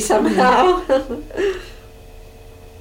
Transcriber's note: laughs